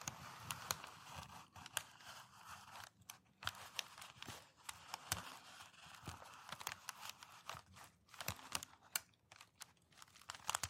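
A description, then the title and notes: Packing paper is slowly crinkled and pressed, giving a continuous dry rustle full of sharp little crackles and snaps that come irregularly, several per second. The handling pauses briefly around three and seven seconds. TimASMR-Packing Paper Slow Crinkles, Stroking, Rolling, Pressing, Rustling (NO TALKING).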